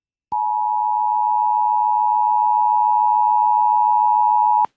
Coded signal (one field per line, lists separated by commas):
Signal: Emergency Alert System (SAME) tones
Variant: 853 and 960 Hz attention tone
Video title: November Marginal, EAS Alerts From 11/8/25: EAS #913-919